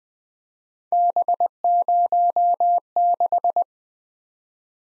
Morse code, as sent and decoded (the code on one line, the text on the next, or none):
-... ----- -....
B06